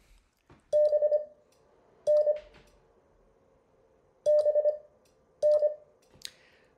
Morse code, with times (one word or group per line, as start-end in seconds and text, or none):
0.7-2.3 BN
4.3-5.7 BN